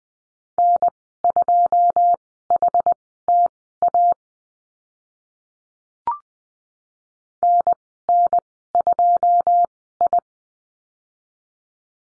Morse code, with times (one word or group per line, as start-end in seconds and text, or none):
0.6-4.1 N2HTA
7.4-10.2 NN2I